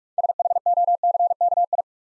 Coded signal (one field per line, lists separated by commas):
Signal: Morse code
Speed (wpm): 44 wpm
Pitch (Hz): 700 Hz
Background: none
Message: SHOCKI